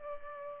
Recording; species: mosquito wingbeat signal from an infrared sensor; Culex pipiens